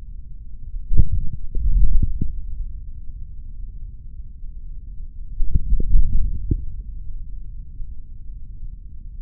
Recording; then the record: forearm muscle sounds (acoustic myography)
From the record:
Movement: hand closing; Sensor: system 3, bracelet of six PUI Audio POM-2738L microphones around the upper forearm, with dedicated amplification and filtering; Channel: 6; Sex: male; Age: 26 years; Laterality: right